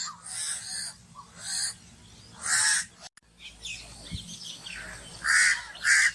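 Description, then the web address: Myna harsh, scratchy squawks in short bursts, about five over six seconds. "animal-sound myna-sound"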